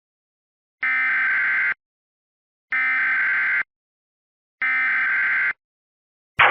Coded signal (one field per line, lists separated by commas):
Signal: Emergency Alert System (SAME) tones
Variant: header bursts